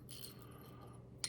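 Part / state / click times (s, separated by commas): 7-round insert into air rifle rotary magazine / not seated / none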